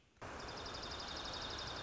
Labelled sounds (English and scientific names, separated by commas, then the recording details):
Dark-eyed Junco (Junco hyemalis)
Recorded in Sonoma County, California